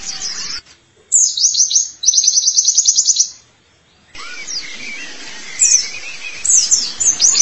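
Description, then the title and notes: White-eye song: high, rapid twittered phrases of thin chirps separated by short pauses, then scattered squeaky notes. Long-duration recording of the chirping song. "Kicauan Burung Pleci Durasi Panjang. Suara kicauan burung pleci"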